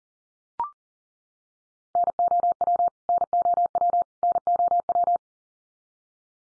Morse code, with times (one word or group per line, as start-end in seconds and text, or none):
1.9-2.9 NOW
3.1-4.0 NOW
4.2-5.2 NOW